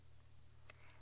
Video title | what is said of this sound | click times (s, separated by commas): iPF5000 - Installation video | until it locks into place | 0.7 s